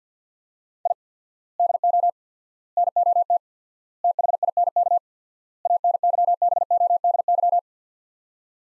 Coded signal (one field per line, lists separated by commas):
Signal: Morse code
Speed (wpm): 45 wpm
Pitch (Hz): 700 Hz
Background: none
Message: I DO NOT THINK ANYBODY